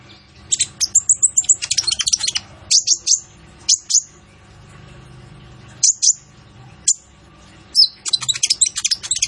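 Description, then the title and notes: Purple-throated sunbird song: dense bursts of very high, rapid chirps, pauses, then single sharp notes and another quick chattering run at the end. Training recording (masteran) for songbirds, full of fill phrases (isian) and bursts (tembakan), meant to draw out song from other birds; described as an actively singing bird (gacor). "MASTERAN KOLIBRI NINJA FULL ISIAN DAN TEMBAKAN COCOK BUAT PANCINGAN. Suara Burung Kolibri Ninja Gacor"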